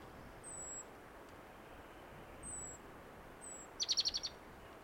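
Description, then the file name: Great tit call: a single rapid burst of high, sharp repeated notes near the end, after several faint thin whistles. "Parus major"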